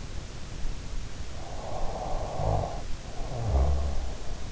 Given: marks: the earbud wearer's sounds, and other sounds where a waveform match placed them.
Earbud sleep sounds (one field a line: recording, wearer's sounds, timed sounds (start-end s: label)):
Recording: sounds in sleep by an in-ear microphone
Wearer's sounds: snoring breath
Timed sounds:
0.81-3.77 s: snoring breath